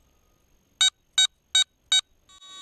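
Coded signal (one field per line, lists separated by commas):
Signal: none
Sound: a metal detector's power-on beeps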